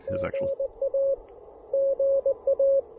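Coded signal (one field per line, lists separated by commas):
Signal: Morse code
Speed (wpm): 20 wpm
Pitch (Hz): 590 Hz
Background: speech, radio noise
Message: GA GA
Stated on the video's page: Morse from a QRP Parks on the Air activation at a lakeside park using an Elecraft KX1 and an MC-750 antenna.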